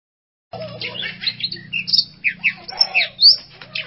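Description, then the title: Long-tailed shrike song, a scratchy, varied warble of slurred whistles and chattering notes over a steady low hum. "Cendet Pentet"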